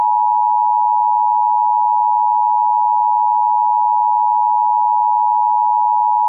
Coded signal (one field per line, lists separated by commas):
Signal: Emergency Alert System (SAME) tones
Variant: 853 and 960 Hz attention tone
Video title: EAS Short - 2023 Los Angeles Riots